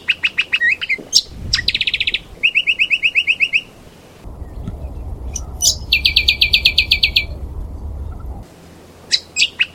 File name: audio lichmera indistincta